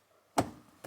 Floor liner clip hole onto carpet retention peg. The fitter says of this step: nice little click there nice little click there